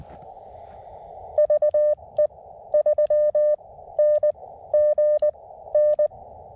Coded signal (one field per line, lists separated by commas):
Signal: Morse code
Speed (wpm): 20 wpm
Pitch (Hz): 590 Hz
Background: none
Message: VE3NGN